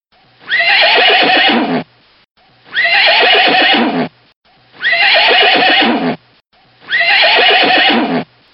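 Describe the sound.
Horse neighing, four loud whinnies about two seconds apart, each a harsh high cry that falls into a shaky, descending whinny; no other sounds.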